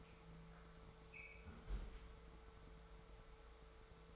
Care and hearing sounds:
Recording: daily activity, microphone in the room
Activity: close fridge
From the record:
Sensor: 3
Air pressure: 1014.9 hPa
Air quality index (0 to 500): 199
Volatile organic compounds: 28 ppm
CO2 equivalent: 2903 ppm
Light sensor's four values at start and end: 10/25/10/10 and 10/25/10/10

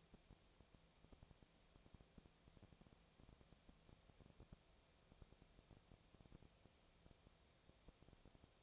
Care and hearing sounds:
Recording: daily activity, microphone in the room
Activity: no activity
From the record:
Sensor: 1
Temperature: 19.6 degrees Celsius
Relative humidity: 36.5%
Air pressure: 997.0 hPa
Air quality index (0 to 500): 204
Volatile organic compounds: 129 ppm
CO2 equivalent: 3924 ppm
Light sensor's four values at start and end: 1/2/1/1 and 1/2/1/1

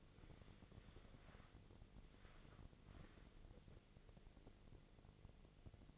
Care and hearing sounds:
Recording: daily activity, microphone in the room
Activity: wipe stove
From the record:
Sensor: 4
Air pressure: 1001.3 hPa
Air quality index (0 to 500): 186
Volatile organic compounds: 3 ppm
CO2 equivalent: 1327 ppm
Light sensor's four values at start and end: 13/30/12/13 and 13/30/12/13

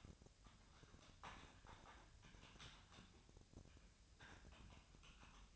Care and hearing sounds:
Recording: daily activity, microphone in the room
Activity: typing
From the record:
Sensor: 2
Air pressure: 1009.3 hPa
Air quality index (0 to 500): 187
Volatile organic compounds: 11 ppm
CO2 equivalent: 2323 ppm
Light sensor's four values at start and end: 24/59/25/28 and 24/60/26/28

